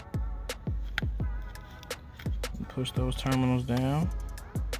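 Speaker-wiring adapter harness ends are being pushed down onto the terminals of an aftermarket door speaker during a speaker install in a 2019 Dodge Ram door, while music plays in the background and someone talks. Several small knocks and handling sounds are heard, but nothing has seated or clicked yet.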